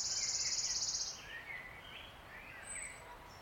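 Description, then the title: Wood warbler song, a loud, fast, high trill lasting about a second, followed by quieter whistled notes from other birds. Male singing from oak canopy in an ancient oak wood, steep-sided wooded valley, South Wales, Britain, May, just after rain stopped. "Sound Escape 16: listen to the cascade of wood warbler song in an ancient oak wood"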